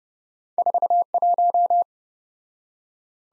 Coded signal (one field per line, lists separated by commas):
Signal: Morse code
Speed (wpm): 27 wpm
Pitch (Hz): 700 Hz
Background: none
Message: 41